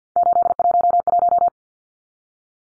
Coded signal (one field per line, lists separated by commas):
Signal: Morse code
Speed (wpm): 50 wpm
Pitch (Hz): 700 Hz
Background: none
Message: 811